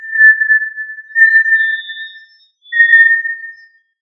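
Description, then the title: Tinamou whistled call: long, pure, steady tones at one pitch, a sustained note followed by a second after a brief pause, in otherwise quiet surroundings. "Familia Tinamidae - Quail - Puyuh"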